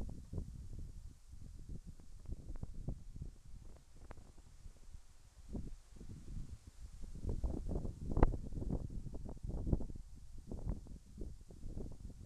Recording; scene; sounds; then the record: everyday scene through a hearing-aid microphone; wind on the microphone; wind, whistling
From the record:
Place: in front of a rural house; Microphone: behind the ear, right, front